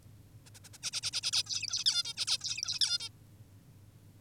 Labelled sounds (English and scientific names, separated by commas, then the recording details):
Zebra Finch (Taeniopygia guttata)
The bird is an adult
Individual g19o10U